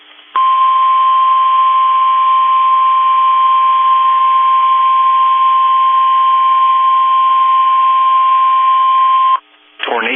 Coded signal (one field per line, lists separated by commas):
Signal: Emergency Alert System (SAME) tones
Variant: 1050 Hz attention tone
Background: speech